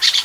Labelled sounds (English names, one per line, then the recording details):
Brown-throated Parakeet contact call
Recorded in Venezuela
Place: Guárico; Corozopando; Fundo La Fe
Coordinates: 8.506, -67.593